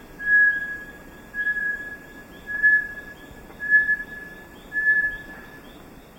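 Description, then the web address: Bartlett's tinamou giving a series of five pure, level whistled notes, roughly one per second, over quiet background hiss. Recorded in the eastern lowlands of South America. "Natures Songs S America Eastern Lowlands Bartlett's Tinamou"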